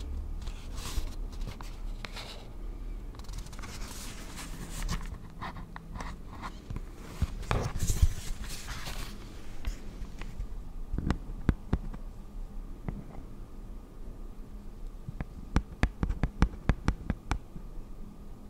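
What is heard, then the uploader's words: First-person makeup being applied to a face. Soft brushing and rubbing strokes come in uneven bursts for the first ten seconds, then give way to sharp, scattered taps and clicks, clustered near the end. A low, steady hum sits underneath throughout. ASMR First person Makeup On Your Face(No Talking).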